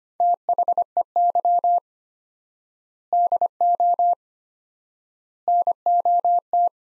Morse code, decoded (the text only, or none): THEY DO NOT